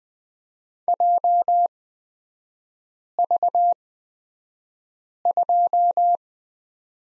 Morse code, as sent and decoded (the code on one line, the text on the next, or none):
.--- ...- ..---
JV2